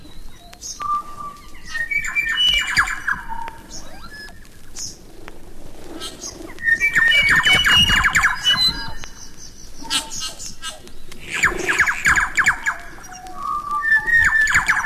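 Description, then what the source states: New Zealand bellbird song: varied liquid notes, clicks and bell-like tones in bursts. Korimako, a nectar feeder; song of varied liquid notes with placed clicks and bell-like sounds; in Maori mythology the messenger of Tane, heralding the coming of the sun.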